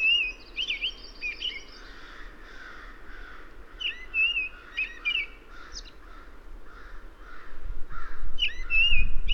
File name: Turdus migratorius - American Robin